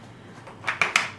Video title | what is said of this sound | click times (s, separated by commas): MUV Expedition 2 in 1 Stroller Wagon Pro: Setup and First Impressions | it in, hear it click, and you know you're good. | 0.8 s, 1.0 s